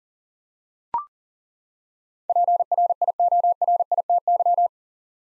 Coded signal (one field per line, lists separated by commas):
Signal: Morse code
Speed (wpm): 40 wpm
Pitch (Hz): 700 Hz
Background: none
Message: PRIORITY